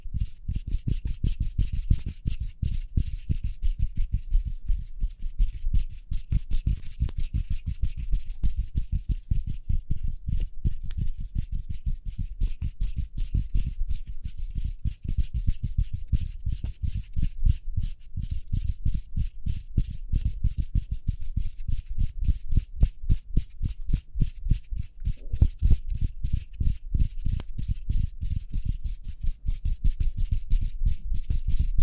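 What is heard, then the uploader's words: Fast, dense hand rubbing and brushing strokes repeat rapidly and evenly throughout, with a deep low rumble and crisp bright swishes. ASMR Speedy Hand Sounds (No Talking).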